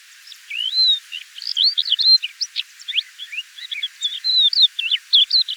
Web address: galerida cristata call